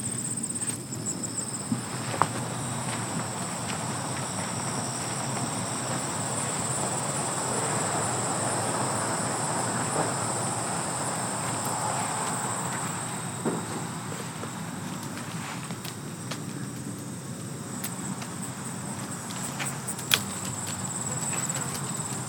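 Footsteps crunch on gravel in a steady, dense rustle. A thin, constant high whine of grasshoppers runs over it throughout. Occasional sharper clicks and snaps stand out near 2 and 20 seconds, and a low rumble sits underneath.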